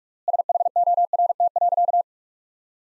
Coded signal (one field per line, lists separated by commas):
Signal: Morse code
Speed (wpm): 46 wpm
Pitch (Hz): 700 Hz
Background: none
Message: SHORT.